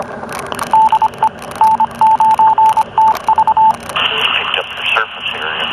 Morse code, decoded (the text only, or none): DE N9TV